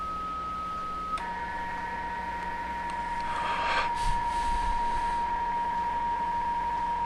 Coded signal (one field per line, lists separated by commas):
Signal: PSK31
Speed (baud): 31.25 baud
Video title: How to operate PSK-31 Ham Radio